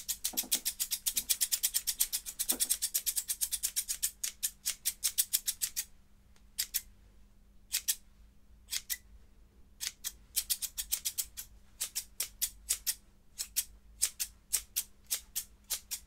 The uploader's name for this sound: HAIRCUT Fast & Slow Scissors & Brushing